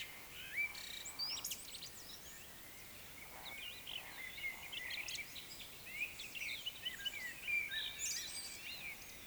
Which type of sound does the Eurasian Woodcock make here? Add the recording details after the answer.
whistle, croak. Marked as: croak, whistle, croak, whistle, croak, whistle. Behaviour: display flight. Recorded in Baden-Württemberg, Germany, on 20 May 2021 at 19:12 UTC. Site 24606, 635 m above sea level